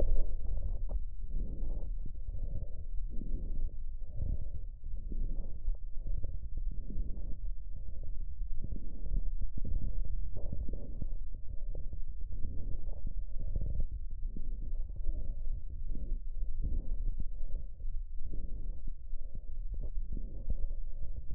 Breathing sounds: lung sounds by stethoscope; right posterior lower chest; crackles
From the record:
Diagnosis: heart failure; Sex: male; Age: 67 years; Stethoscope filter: extended mode, 50 to 500 Hz

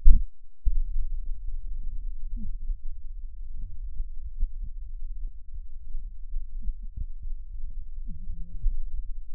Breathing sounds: lung sounds by stethoscope; right posterior lower chest; crackles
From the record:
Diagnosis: heart failure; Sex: female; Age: 76 years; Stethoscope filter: bell mode, 20 to 200 Hz

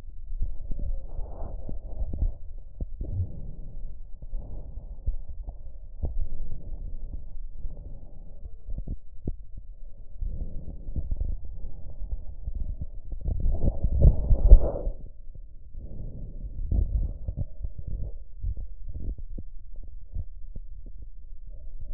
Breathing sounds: lung sounds by stethoscope; left posterior upper chest; normal breath sounds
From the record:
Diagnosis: none (healthy); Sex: male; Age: 33 years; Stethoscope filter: extended mode, 50 to 500 Hz

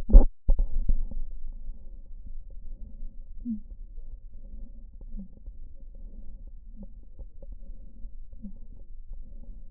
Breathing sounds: lung sounds by stethoscope; right posterior upper chest; expiratory wheeze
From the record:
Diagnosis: asthma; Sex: female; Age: 49 years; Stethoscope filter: diaphragm mode, 100 to 500 Hz

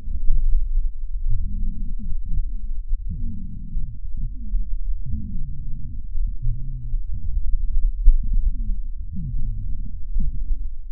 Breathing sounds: lung sounds by stethoscope; right anterior lower chest; crackles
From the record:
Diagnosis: pneumonia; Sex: female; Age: 70 years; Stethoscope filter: bell mode, 20 to 200 Hz

